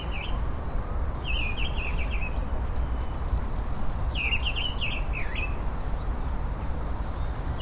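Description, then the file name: Mistle thrush song: short, rapid fluting phrases of a few notes, separated by pauses of about two seconds, over a steady low rumble. Recorded at Vincennes on 1 March 2014. "Grive Draine Vincennes 01-03-2014"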